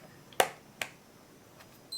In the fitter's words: You hear it clicking? Now I know I got a straight shot in, that I'm not going to strip anything.